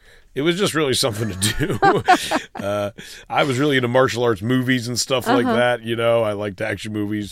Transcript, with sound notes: It was just really something to do. (Soundbite of laughter) I was really into martial-arts movies and stuff like that...
Uh-huh.
You know? I liked actions movies.